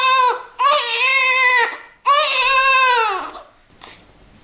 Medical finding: Newborn baby crying.